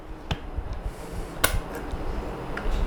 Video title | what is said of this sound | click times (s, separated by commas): i5 10th Generation System Assemble Video - PC Assembly Step by Step in Tamil - Vels TV | நாலு சைடுமே push பண்ணீங்கன்னா மட்டும்தான் cooling fan வந்து ப்ராப்பரா லாக் ஆகும் | 0.3 s, 1.4 s, 2.6 s